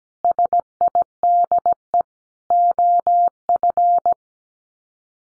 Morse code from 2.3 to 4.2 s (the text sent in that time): OF